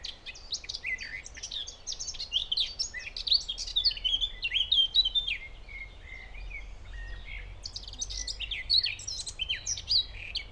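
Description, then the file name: Eurasian blackcap giving a rapid, scratchy warble of mixed high notes, easing off for a couple of seconds after about five seconds before another burst of chattering song near the end. "Sylvia atricapilla"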